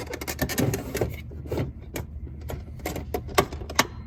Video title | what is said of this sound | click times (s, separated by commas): HOW TO REPLACE REFRIGERATOR WATER FILTER | As you heard that when I push it inside, it's made a little click noise, so that means it's locked now. | 3.4 s, 3.8 s